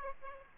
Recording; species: mosquito wingbeat signal from an infrared sensor; Aedes aegypti